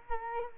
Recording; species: mosquito wingbeat signal from an infrared sensor; Culex quinquefasciatus